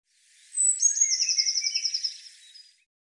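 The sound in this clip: Eurasian blue tit song: thin high notes leading into a long, rapid trill, with a softer lower-pitched twitter running beneath before it fades.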